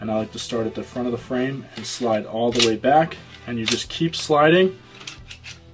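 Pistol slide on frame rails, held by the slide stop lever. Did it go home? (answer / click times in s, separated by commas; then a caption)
yes / 5.1 s, 5.3 s. Someone talks while the steel slide of an M&P9 Competitor pistol is slid rearward along the polymer frame rails during reassembly, then the slide stop lever is pushed up. Two short, sharp metallic clicks are heard at 5.1 s and 5.3 s as the slide locks open on the frame, held by the slide stop.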